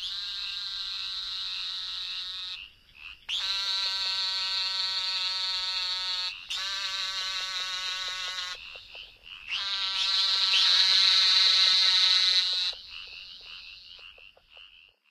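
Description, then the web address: Great Plains narrowmouth toad calls: four long, high, nasal buzzes in succession, each lasting a few seconds, with a fainter steady high sound in the background. North America. "Songs of Frogs Toads of North America. Great Plains Narrowmouth Toad"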